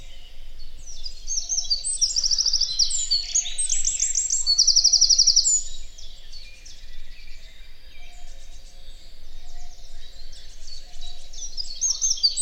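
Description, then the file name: Eurasian wren delivering a long, high, tumbling song with several rattling trills, followed by quieter twittering over a faint low hum. "Troglodytes troglodytes"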